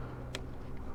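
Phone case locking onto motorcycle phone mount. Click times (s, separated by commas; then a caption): 0.4 s. A phone in its case is pushed onto a motorcycle stem mount at a 45-degree angle and twisted until the locking head snaps in. Over a low background hum, a single sharp click sounds at 0.4 s, and the case is seated on the mount.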